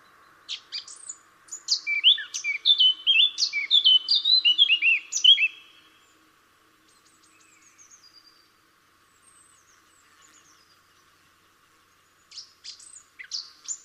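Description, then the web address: Eurasian blackcap singing a hurried, scratchy warble of mixed high notes for about five seconds, followed by quiet, faint notes, and a fresh burst near the end. "SETE data Sylvia atricapilla"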